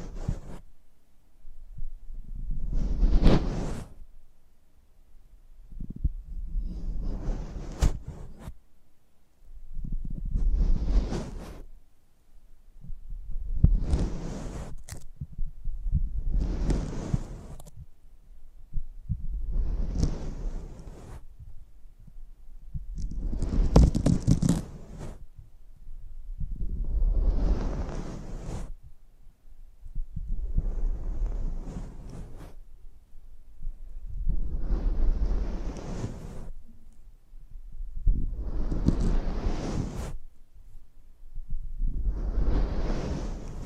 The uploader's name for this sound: Close Up Mic Treatment